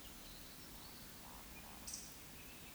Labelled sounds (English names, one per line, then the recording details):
Eurasian Woodcock whistle
Eurasian Woodcock croak
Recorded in Baden-Württemberg, Germany, on 16 June 2021 at 20:01 UTC
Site 18672, 474 m above sea level